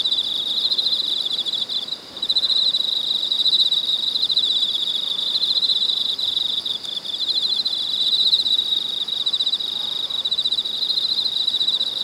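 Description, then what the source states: Cicadas give a dense, unbroken shrill buzz, with slight dips in volume. Cicadas in Weinan, China.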